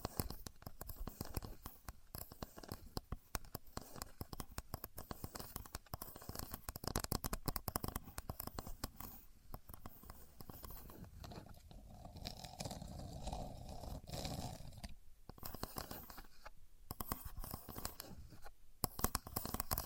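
A contour gauge is handled and pressed, producing dense, irregular clicking and scraping bursts throughout, with a few brief pauses after twelve seconds.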